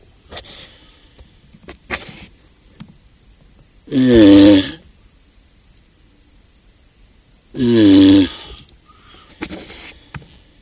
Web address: galapagos tortoise